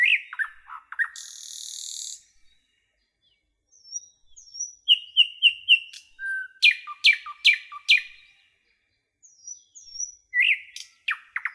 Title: A Beautiful Nightingale Song